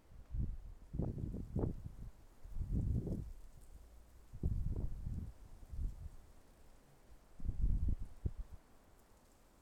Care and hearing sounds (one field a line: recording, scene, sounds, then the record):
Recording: everyday scene through a hearing-aid microphone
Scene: wind on the microphone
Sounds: wind, traffic, birds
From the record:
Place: suburban garden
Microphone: behind the ear, left, front